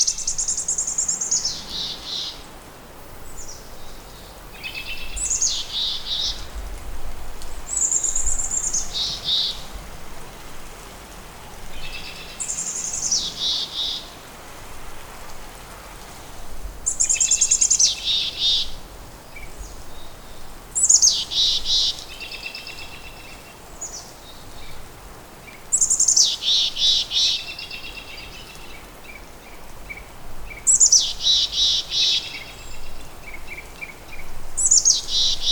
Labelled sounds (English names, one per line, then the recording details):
Mountain Chickadee call
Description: Mountain Chickadee call recorded on the Hollowell Park Trail in Rocky Mountain National Park
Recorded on 18 May 2016